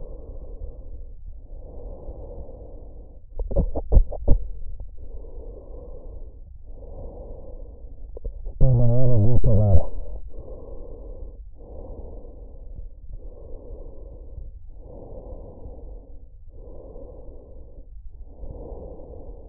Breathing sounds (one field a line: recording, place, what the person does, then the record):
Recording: lung sounds by stethoscope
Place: trachea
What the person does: quiet breathing, then cough and speech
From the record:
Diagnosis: COPD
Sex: male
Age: 80 years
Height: 171 cm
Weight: 75 kg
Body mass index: 25.6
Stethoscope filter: extended mode